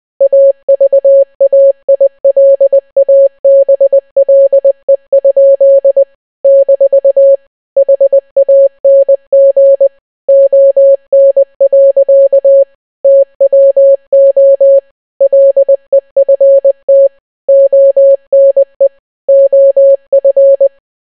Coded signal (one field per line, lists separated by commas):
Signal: Morse code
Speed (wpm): 20 wpm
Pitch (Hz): 550 Hz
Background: none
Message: AVAILABLE? - HANG ON. TWO LEFT ONE OF